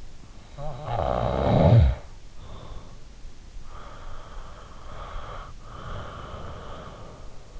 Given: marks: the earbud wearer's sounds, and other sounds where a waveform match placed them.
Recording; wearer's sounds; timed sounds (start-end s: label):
sounds in sleep by an in-ear microphone; snoring breath, breath
0.06-2.42 s: snoring breath
2.42-7.60 s: breath